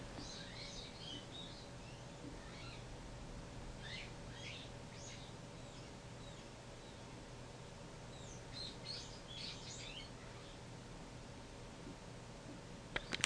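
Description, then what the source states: White-cheeked starling calls: faint, scratchy chirps and short rising-falling notes in loose bursts, over a steady low hum. Recorded on a roof on 8 June 2023 at 09:49.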